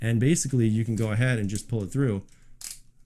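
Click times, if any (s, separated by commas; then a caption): 2.7 s. Someone talks as the end of a Kore Essentials tactical concealed-carry belt is pulled through its ratcheting buckle. At 2.7 s a short, sharp click is heard as the buckle's teeth catch the belt's track, and the belt is latched in place.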